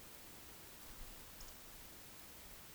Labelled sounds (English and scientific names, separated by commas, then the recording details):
Eurasian Woodcock (Scolopax rusticola) whistle, Eurasian Woodcock (Scolopax rusticola) croak
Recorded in Baden-Württemberg, Germany, on 31 May 2021 at 20:03 UTC
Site 20675, 466 m above sea level